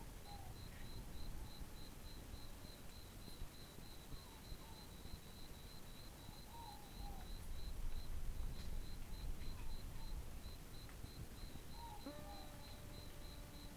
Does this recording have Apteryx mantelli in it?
no